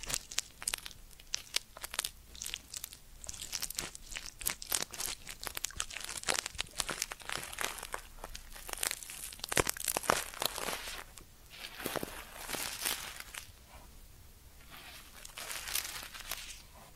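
Ear cleaning sounds made of dense, crinkly scratching and rubbing, a constant flurry of short bright crackles with little low end. The texture runs almost without pause, swelling in bursts around the middle and again near the end, then thinning briefly between strokes.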